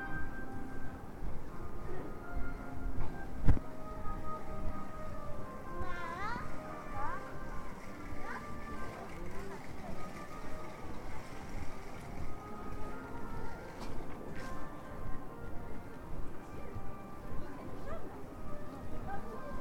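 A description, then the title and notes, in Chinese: A street scene on Zhongjie in Shenyang, with a steady hum of many voices talking and a low rumble of traffic underneath. A sharp click or knock stands out at about three and a half seconds, and brief higher tones flicker through the crowd noise. 沈阳，中街。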